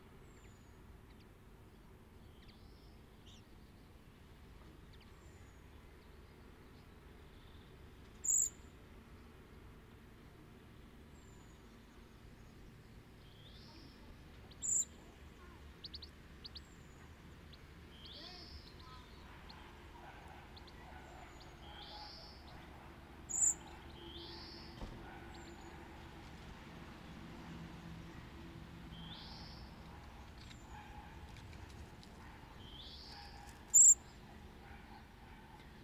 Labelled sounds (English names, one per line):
Common Blackbird call